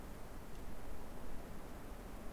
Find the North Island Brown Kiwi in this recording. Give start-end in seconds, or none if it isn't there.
none